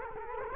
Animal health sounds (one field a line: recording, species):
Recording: mosquito wingbeat signal from an infrared sensor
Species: Culex quinquefasciatus